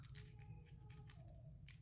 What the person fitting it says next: It should just click right in. Yep, there it goes.